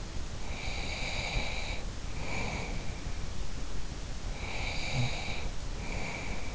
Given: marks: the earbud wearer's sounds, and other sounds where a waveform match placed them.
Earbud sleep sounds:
sounds in sleep by an in-ear microphone; breath, snoring breath
0.37-3.05 s: breath
4.22-6.55 s: snoring breath

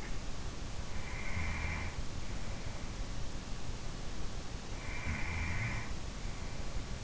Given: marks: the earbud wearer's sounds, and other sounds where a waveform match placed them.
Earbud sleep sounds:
sounds in sleep by an in-ear microphone; breath
0.67-2.34 s: breath
4.82-6.26 s: breath

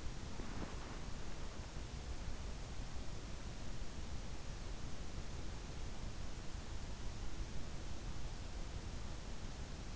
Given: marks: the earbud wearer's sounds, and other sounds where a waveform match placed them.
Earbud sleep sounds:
sounds in sleep by an in-ear microphone; body movement
0.00-1.42 s: body movement

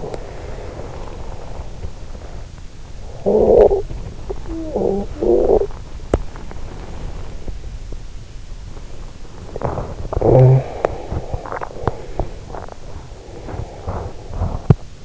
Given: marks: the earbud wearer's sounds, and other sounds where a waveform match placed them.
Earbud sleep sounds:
sounds in sleep by an in-ear microphone; body movement, snoring breath
0.00-15.05 s: body movement
3.05-3.83 s: snoring breath
4.54-5.71 s: snoring breath
9.81-10.78 s: snoring breath

